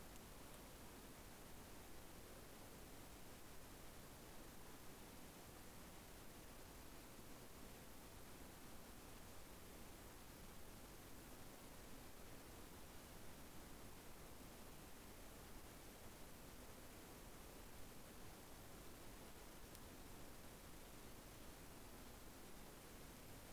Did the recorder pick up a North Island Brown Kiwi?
no